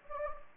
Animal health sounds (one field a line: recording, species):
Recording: mosquito wingbeat signal from an infrared sensor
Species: Anopheles gambiae